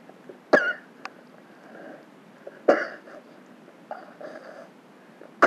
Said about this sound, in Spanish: ¿Qué tos?